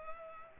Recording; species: mosquito wingbeat signal from an infrared sensor; Culex pipiens